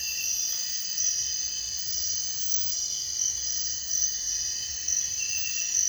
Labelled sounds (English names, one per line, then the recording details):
none
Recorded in dense forest near Puerto Asís, Putumayo, Colombia, on 22 June 2025 at 02:30
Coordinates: 0.468, -76.322
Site GP03